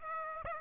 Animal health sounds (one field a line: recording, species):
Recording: mosquito wingbeat signal from an infrared sensor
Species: Aedes aegypti